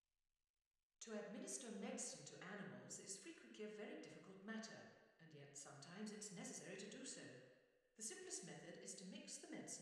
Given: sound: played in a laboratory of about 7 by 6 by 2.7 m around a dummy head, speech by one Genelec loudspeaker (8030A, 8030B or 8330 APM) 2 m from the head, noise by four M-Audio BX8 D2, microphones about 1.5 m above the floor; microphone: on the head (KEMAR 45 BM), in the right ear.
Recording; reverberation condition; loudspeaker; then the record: female speech in English; high; 90 degrees to the right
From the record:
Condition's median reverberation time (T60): about 1300 ms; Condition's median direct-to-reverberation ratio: about -4.0 dB